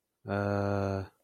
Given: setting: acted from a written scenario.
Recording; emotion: vocal sound without words; confusion